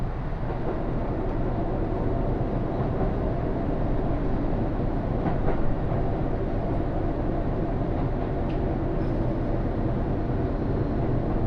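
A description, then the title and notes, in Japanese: A local train on the Takayama Line runs steadily with a dense, low rumble, faint rail clicks and brief squeals near six and nine seconds. 高山本線普通 上呂→下油井。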